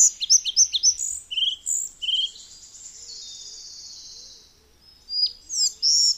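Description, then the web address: Collared flycatcher song: quick high squeaky notes, then a long steady high buzzing trill for about three seconds, then more sharp high notes to close. "Madardalok - Örvös légykapó"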